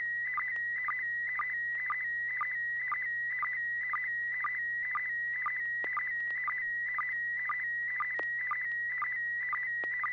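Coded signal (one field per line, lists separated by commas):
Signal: SSTV (slow-scan television)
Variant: PD120 mode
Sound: steady warbling tone near 2 kHz with regular chirping dips about twice a second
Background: low hum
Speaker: well I didn't expect to be first but let's give this a shot this should be PD 120 if everything works right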